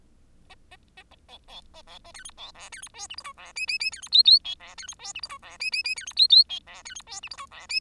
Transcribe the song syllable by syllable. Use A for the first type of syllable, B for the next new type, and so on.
A A A A B B A B A C D B E C D F G H I E J J J C D K K L E C D F G H I E J J J C D K K L E C D F G H I E J